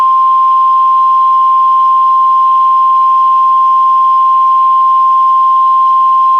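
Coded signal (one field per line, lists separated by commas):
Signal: Emergency Alert System (SAME) tones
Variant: 1050 Hz attention tone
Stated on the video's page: Fictional EAS scenario made with Audacity and text-to-speech software.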